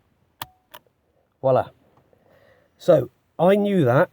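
A replacement VW rear door lock latch unit, held on a bench, is operated and gives a sharp, loud click as it springs open at 0.4 s, followed by a fainter tick just after. Someone then talks, and the latch is released.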